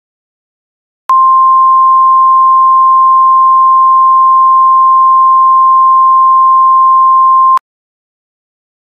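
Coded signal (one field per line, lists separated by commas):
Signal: Emergency Alert System (SAME) tones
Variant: 1050 Hz attention tone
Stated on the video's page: Fictional EAS scenario.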